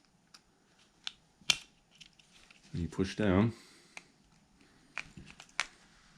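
After the coin battery is replaced in a 2015–2017 Mustang key fob, the two plastic halves of the fob's shell are handled and lined up to be pressed back together. Someone talks while a few sharp taps and light handling noises are heard, the loudest near 1.1 s and 1.5 s. Nothing has snapped in place yet by the end.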